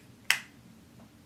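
A plastic cap is pressed onto a makeup stick and snaps shut at 0.3 s with a single sharp, loud click that fades within about a tenth of a second. A faint soft sound follows near 1.0 s over quiet background. The cap is seated closed.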